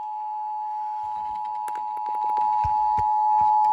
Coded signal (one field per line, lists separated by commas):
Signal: Emergency Alert System (SAME) tones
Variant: 853 and 960 Hz attention tone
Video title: [EAS #55-67] Beyond SoCal - Day 1 - EAS alert compilation from 1/9/2023